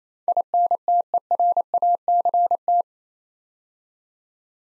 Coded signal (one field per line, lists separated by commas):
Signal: Morse code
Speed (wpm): 28 wpm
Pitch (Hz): 700 Hz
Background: none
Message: INTERACT